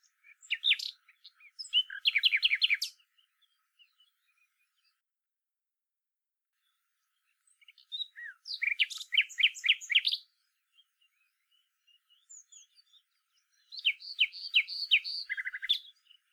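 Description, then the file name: Common nightingale song in three bursts about two to three seconds long, each with rapid repeated chirping notes and whistles, separated by silent pauses. "Luscinia megarhynchos"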